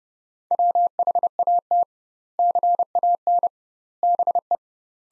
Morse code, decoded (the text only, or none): WHAT CAN BE